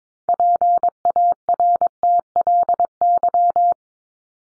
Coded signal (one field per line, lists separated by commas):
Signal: Morse code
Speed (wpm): 22 wpm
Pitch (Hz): 700 Hz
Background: none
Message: PARTLY